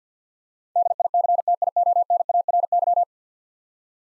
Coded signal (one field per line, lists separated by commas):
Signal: Morse code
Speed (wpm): 50 wpm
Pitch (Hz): 700 Hz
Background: none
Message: DICTIONARY